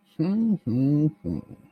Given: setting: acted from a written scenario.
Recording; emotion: vocal sound without words; serenity